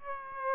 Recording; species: mosquito wingbeat signal from an infrared sensor; Aedes aegypti